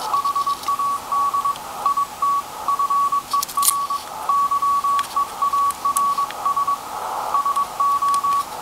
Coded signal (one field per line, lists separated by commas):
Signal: Morse code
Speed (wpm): 22 wpm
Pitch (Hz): 1130 Hz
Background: none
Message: HAD IT FER YEARS SO